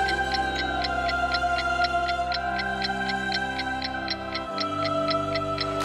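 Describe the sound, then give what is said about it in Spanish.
A palace clock sounds the hour with quick, even ticks, about four per second, running over a steady ringing, chime-like drone that holds throughout. No voices are heard. “El reloj volvió a dar la hora y salieron los 10 asesores del gobierno.”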